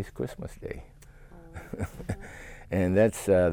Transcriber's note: laughs